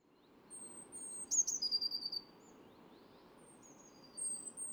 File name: Cyanistes caeruleus